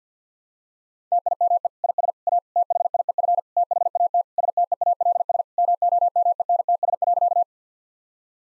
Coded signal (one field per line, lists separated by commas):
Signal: Morse code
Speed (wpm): 50 wpm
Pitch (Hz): 700 Hz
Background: none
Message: TIME IS A THIEF THAT STEALS MOMENTS.